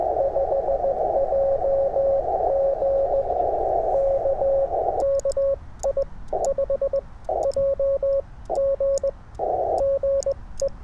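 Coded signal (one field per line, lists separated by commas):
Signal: Morse code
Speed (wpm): 17 wpm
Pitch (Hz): 550 Hz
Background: radio noise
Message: 5JG K KI5JG GE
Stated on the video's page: CW Parks on the Air activation sent on a tiny, lightweight, light-touch M7 key.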